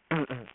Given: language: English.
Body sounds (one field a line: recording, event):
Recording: throat vibration sensor signal played as sound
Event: throat clearing